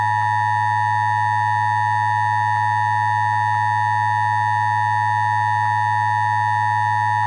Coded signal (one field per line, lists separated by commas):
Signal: Emergency Alert System (SAME) tones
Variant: 853 and 960 Hz attention tone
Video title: San Francisco Required Monthly Test (EAS #1245-1257) 9/13/23